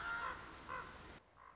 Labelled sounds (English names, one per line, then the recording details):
Common Raven
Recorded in Sonoma County, California